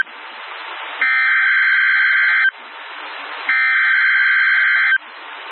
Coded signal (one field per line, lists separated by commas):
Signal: Emergency Alert System (SAME) tones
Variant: header bursts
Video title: Severe Thunderstorm Watch #664 EAS#757